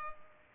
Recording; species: mosquito wingbeat signal from an infrared sensor; Culex pipiens